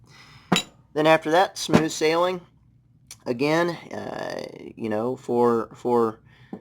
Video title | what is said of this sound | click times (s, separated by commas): CZ P10C Review By Firearms Engineer (and P10F)!! | get it up over that edge and then just push it and it'll pop into place | 0.6 s